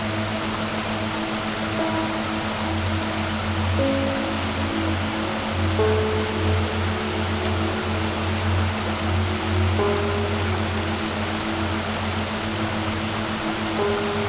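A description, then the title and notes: Water pours steadily under a waterfall, a dense, unbroken rush that fills the lows and highs alike and barely changes in level. A low, steady hum runs beneath it, and faint tones shift pitch every few seconds, around the four-, six- and ten-second marks. Under The Waterfall.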